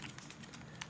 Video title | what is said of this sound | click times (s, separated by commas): New Nintendo 3DS Animal Crossing Edition (Unboxing) | so looks like you take the top little pins here and slide it in there and it just clicks right in place very | 0.2 s, 0.8 s